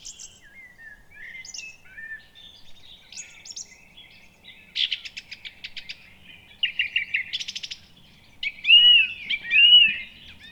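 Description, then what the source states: Song thrush song starting with soft varied notes, then loud rapid repeated clicking notes and two clear whistled phrases near the end. Recorded 29 April 2017.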